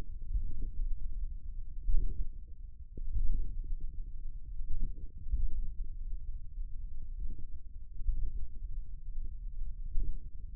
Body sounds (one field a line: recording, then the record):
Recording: forearm muscle sounds (acoustic myography)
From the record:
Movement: finger pinch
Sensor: system 1, eight BSWA MPA416 microphones around the upper forearm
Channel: 5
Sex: male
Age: 41 years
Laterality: right